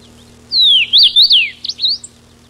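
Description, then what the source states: Common rosefinch gives one clear whistled phrase, a falling slur then several rising-falling notes and a short upward tail, over a faint constant hum. Recorded 10 June 1993.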